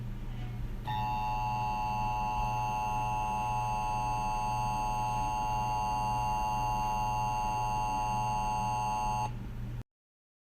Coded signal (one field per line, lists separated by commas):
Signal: Emergency Alert System (SAME) tones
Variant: 853 and 960 Hz attention tone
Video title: EAS Scenario 2: EF6 (CREDITS TO ALL THE SOUNDS/VIDEOS I USED IN THE DESC)